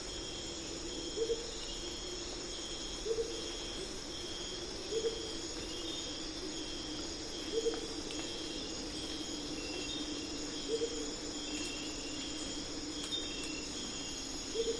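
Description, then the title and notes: Rufous Motmot giving low hoots, repeated every few seconds, against a continuous chorus of shrill insects. Calling at 4am at dawn in the Amazon rainforest, starting the dawn chorus. "Amazon basin - Dawn - Motmots And Howlers. It's 4am in the Amazon rainforest and the Rufous Motmots start calling"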